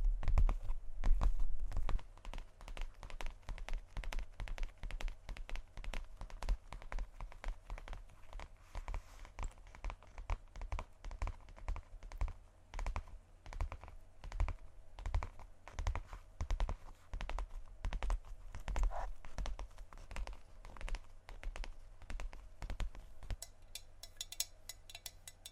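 Fingers tap on assorted objects in quick, uneven bursts, each tap a short dry click with some clacky, keyboard-like strokes. The tapping runs steadily for the whole 26 seconds, busier and louder in the first two seconds, with a low steady hum underneath.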